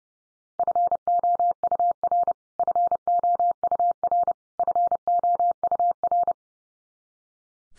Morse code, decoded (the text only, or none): FOUR FOUR FOUR